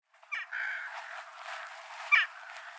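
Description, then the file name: Daurian Jackdaw giving a few harsh calls, with a sharp call near the end. Aomori, 10 April 2013. "kokumaru 130410 aomori kuroda"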